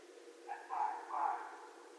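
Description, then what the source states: Red fox barks, two short hoarse yelps in quick succession, half a second apart, over faint background hiss. Recorded 2 January 2012.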